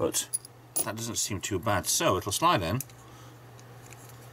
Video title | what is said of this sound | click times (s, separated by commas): Sinclair ZX Microdrive Teardown | click in place. | 3.6 s, 3.9 s